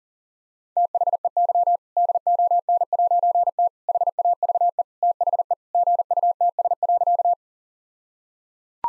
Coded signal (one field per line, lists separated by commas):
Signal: Morse code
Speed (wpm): 37 wpm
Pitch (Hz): 700 Hz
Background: none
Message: THEY DON'T HAVE THE GUTS.